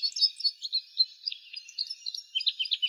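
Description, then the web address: Red crossbill calls: a busy, irregular run of short sharp chipping notes. Slovenia. "Loxia curvirostra"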